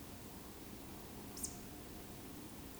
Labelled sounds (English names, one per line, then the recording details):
Eurasian Woodcock whistle
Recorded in Baden-Württemberg, Germany, on 28 May 2020 at 20:03 UTC
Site 31917, 145 m above sea level